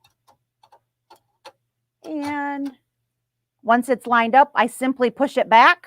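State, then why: Not seated. An embroidery hoop attachment is placed behind the needles of a multi-needle machine and lined up with the attachment bar, making a few faint handling taps in the first 1.5 seconds, followed by a brief steady tone and then someone talking. The attachment has not been pushed home, and nothing has seated or clicked into place yet.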